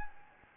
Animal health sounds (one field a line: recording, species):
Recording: mosquito wingbeat signal from an infrared sensor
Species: Anopheles gambiae